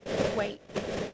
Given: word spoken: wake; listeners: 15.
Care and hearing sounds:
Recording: one English word in noise, from a listening test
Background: noise modulated by three-talker babble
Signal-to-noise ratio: -4.2 dB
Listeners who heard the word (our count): 1 of 15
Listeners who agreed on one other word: 13 of 15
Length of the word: 0.74 s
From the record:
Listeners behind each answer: 13, 1, 1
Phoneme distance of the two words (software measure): 10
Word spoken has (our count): 1 syllable, 3 phonemes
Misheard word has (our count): 1 syllable, 3 phonemes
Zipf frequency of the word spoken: 4.64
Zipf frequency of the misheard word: 4.82

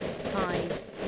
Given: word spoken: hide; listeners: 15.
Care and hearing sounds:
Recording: one English word in noise, from a listening test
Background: noise modulated by three-talker babble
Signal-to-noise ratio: -3.6 dB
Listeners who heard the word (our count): 0 of 15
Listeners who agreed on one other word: 9 of 15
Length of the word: 0.68 s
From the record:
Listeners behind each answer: 9, 4, 1, 1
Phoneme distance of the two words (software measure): 20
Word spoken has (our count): 1 syllable, 3 phonemes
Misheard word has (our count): 1 syllable, 3 phonemes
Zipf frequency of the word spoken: 4.66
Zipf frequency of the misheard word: 6.35

